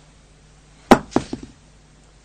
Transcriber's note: sound of something dropping on the floor